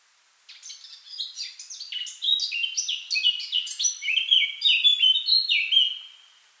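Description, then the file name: Eurasian blackcap singing a quick scratchy warble that builds into loud, fluty whistled notes, the phrase lasting roughly six seconds before fading. "Sylvia atricapilla"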